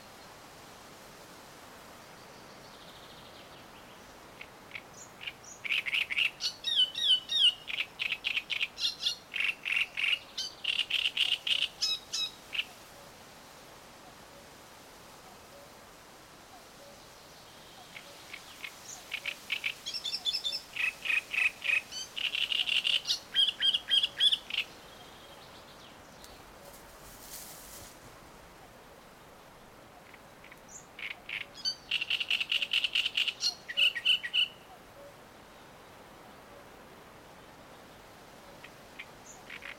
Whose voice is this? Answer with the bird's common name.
Great Reed Warbler